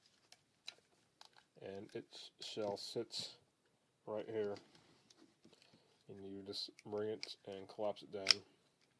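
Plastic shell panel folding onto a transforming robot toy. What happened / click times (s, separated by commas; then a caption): A plastic panel is handled but has not yet snapped into place / none. Someone talks while folding the plastic shell panel down onto a Transformers Universe Leo Prime figure, a Target-exclusive transforming robot toy, collapsing it toward place. Faint handling ticks come from the plastic between the words. Nothing has snapped or seated yet by the end of the clip.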